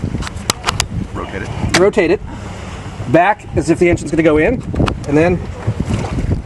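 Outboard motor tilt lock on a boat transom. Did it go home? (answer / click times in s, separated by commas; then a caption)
no / none. The tilt lock of a small outboard motor on a boat transom is handled as the tilt lever is rotated back before lowering the engine into the water. Someone talks over a steady wind-like background, with a few brief sharp taps near 0.5 s and 0.8 s. The clip ends before the engine goes down, so nothing has seated or clicked yet.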